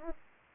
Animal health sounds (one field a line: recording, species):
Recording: mosquito wingbeat signal from an infrared sensor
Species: Anopheles arabiensis